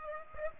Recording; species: mosquito wingbeat signal from an infrared sensor; Aedes aegypti